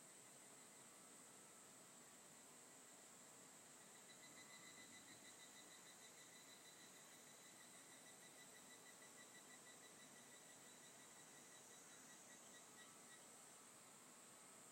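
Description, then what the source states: Evening cicada song: a faint, rapid, pulsing 'kana-kana' trill that swells and then fades over several seconds, above a steady high-pitched insect hiss. Evening in the Japanese countryside under a beautiful full moon, during the cool, comfortable time of day; continuous 'kana-kana' calling.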